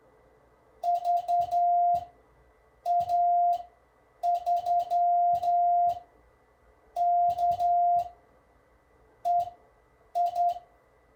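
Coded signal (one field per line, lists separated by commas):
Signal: Morse code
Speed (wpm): 10 wpm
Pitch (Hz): 700 Hz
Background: none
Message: VA3KEI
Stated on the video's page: The operator's first CQ call in CW after more than 30 years away from Morse, mistakes included.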